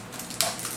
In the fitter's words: that locks into place